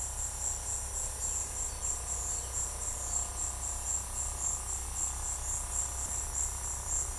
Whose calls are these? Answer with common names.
Black-billed Thrush